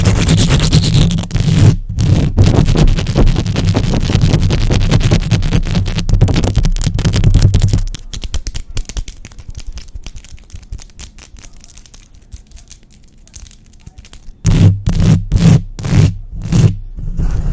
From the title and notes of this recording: ASMR Mic Scratching & Tapping, Fast and Aggressive, for Sleep, mic triggers, rubbing, long nails.